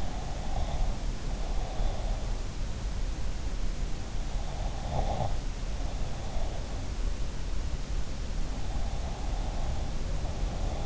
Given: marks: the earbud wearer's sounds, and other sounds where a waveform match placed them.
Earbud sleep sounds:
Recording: sounds in sleep by an in-ear microphone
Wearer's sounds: breath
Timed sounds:
0.00-2.30 s: breath
4.27-6.34 s: breath
8.75-10.86 s: breath

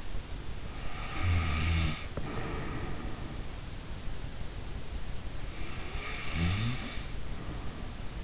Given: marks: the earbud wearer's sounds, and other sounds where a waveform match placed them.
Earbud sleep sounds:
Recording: sounds in sleep by an in-ear microphone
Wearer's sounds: snoring breath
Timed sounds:
0.63-3.55 s: snoring breath
5.60-8.24 s: snoring breath

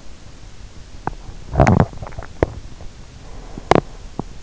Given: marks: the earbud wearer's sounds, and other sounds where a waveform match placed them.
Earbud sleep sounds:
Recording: sounds in sleep by an in-ear microphone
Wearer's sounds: teeth grinding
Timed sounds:
0.67-4.43 s: teeth grinding

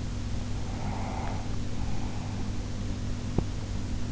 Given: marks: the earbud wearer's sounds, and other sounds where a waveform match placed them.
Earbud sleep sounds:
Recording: sounds in sleep by an in-ear microphone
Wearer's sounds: breath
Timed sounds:
0.52-3.01 s: breath

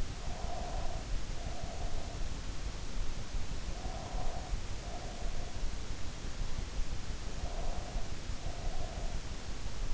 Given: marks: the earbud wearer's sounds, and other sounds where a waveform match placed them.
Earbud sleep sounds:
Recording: sounds in sleep by an in-ear microphone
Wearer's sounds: breath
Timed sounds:
0.00-2.37 s: breath
3.65-5.57 s: breath
7.43-9.35 s: breath

